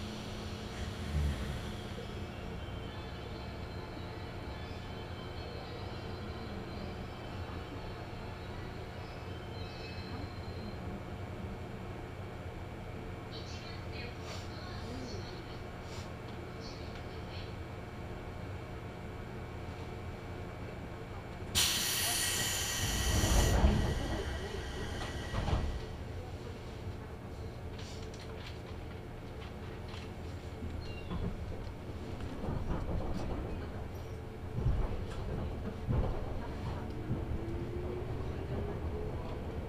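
A local train on the Chuo East Line sits at Shiotsu station with a steady, low idling hum and faint voices now and then. Near 22 seconds a sharp rushing hiss bursts in, followed by heavy rumbling and clattering, with a rising whine near the end.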